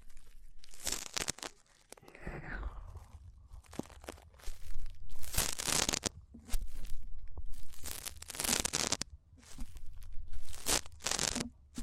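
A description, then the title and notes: Rough ear cleaning: harsh scratchy rubbing and crinkling bursts come in irregular waves, loudest around five to six seconds and near nine seconds. ASMR Rough Ear Cleaning (No Talking).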